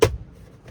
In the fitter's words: and it just locks in place